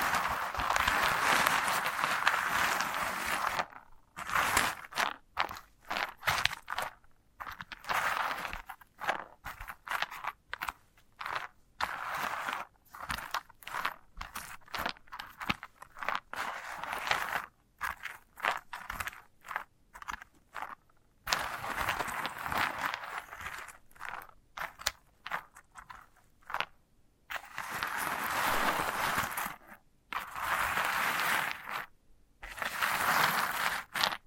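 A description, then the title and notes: Handling of a sunflower head gives dense, bright crunching and scraping bursts, broken by short silences, with heavier rustling stretches near 0–4, 21–27 and 30–33 seconds. ASMR of a Sunflower Head (No Talking).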